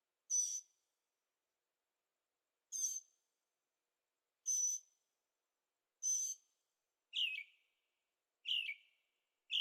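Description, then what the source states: Bird calling at night: a few high notes spaced a couple of seconds apart, then several lower chirps coming a little faster, with silence between them. Birds singing at night in Carefree, Arizona; recorded with Zoom H6 stereo microphones.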